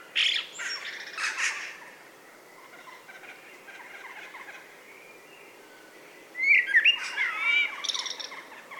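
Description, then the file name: Common blackbird song: scratchy notes at first, then a clear mellow fluted warble with twittering flourishes near the end. "Turdus merula"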